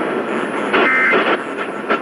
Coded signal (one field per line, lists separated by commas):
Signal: Emergency Alert System (SAME) tones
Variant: end-of-message bursts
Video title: (LATE UPLOAD 1/3) Inland Northwest/Idaho RMT on KBOI-AM (EAS #848)